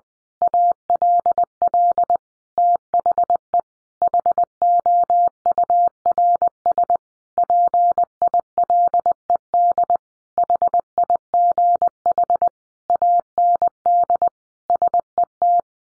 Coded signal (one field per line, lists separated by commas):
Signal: Morse code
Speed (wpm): 20 wpm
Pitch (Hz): 700 Hz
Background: none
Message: ALL THE HOURS PILED HIGH AND SET